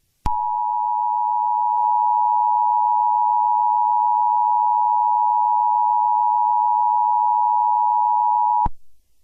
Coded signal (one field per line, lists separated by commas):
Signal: Emergency Alert System (SAME) tones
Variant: 853 and 960 Hz attention tone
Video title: EAS Scenario #12: Scorpius Rex Rampage